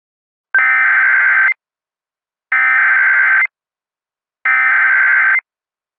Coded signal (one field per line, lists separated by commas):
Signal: Emergency Alert System (SAME) tones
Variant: header bursts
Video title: The Freezing One (Part 1) - an EAS Scenario